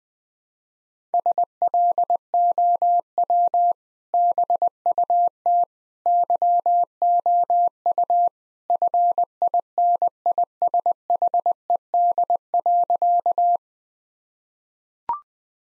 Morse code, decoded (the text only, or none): SLOW BUT YOU FINISHED.